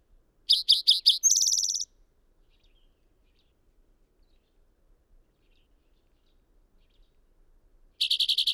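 Bird singing a phrase of four quick notes and a buzzy trill, then about six seconds of quiet before another rapid series of notes begins.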